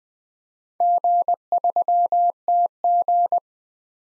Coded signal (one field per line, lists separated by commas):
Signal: Morse code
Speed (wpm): 20 wpm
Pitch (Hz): 700 Hz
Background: none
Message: G3TG